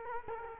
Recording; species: mosquito wingbeat signal from an infrared sensor; Culex quinquefasciatus